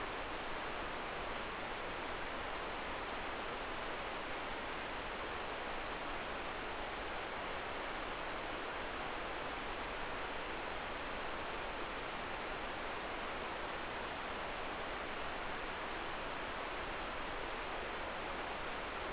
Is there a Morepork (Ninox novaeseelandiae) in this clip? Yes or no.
no